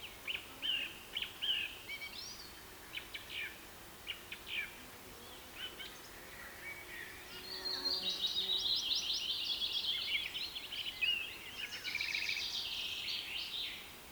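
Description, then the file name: Birds chirping in scattered short bursts, building into a continuous rapid trill and buzzy chatter in the second half. Rain forest habitat. "KPR Sounds - Rain Forest Bird Sounds"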